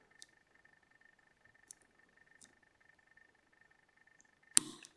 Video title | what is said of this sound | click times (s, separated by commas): Goal V18 pick and gut | come on okay nice click | 4.6 s